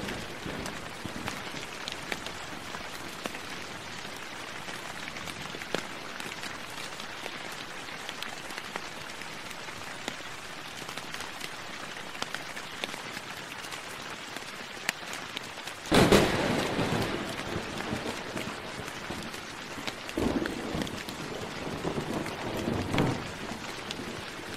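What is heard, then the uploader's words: Steady rain patters throughout, a dense hiss with scattered drips and taps standing out. Near the sixteen-second mark a louder rumbling surge breaks in, likely thunder, and swells again around twenty and twenty-three seconds before settling back under the rain. Thunder, Rain, and Nature Sounds: The Perfect Storm of Relaxation.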